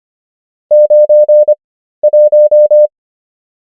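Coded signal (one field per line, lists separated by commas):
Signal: Morse code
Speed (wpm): 25 wpm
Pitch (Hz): 600 Hz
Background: none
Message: 91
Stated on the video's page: Morse number practice at 25 wpm character speed and 13 wpm word speed (Farnsworth spacing).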